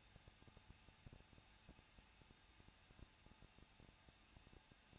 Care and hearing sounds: daily activity, microphone in the room; no activity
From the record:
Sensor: 2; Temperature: 21.0 degrees Celsius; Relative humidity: 37.5%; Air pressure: 1006.3 hPa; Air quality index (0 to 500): 223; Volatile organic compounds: 25 ppm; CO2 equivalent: 2828 ppm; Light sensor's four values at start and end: 2/3/2/2 and 2/3/2/2

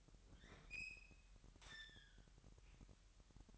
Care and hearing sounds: daily activity, microphone in the room; open fridge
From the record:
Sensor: 3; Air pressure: 1001.9 hPa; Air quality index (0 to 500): 247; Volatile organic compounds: 52 ppm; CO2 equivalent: 3318 ppm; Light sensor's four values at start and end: 12/36/15/13 and 12/36/15/13

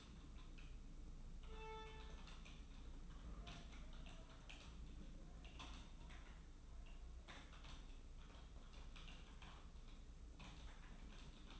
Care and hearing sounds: daily activity, microphone in the room; typing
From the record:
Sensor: 1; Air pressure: 994.4 hPa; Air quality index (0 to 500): 220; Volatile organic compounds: 1000 ppm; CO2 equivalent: 7869 ppm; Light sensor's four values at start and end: 58/130/58/61 and 57/126/56/59

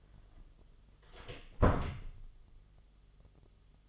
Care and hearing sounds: daily activity, microphone in the room; close door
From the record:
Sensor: 4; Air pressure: 1005.6 hPa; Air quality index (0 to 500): 97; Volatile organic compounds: 2 ppm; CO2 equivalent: 1206 ppm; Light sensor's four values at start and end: 13/29/11/11 and 14/31/12/12

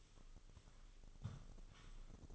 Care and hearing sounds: daily activity, microphone in the room; sweep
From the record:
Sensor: 4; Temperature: 26.8 degrees Celsius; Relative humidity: 28.1%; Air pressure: 996.7 hPa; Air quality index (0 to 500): 87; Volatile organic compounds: 4 ppm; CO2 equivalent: 1684 ppm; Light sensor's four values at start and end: 21/56/22/24 and 21/56/22/24

